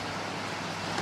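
The plastic battery tray of an FMS P-47 Razorback RC warbird is handled at the fuselage before being pushed in until its plastic nubs engage. Only a steady broadband rushing noise is heard, with a slight rise near the end. The tray has not seated or clicked in yet.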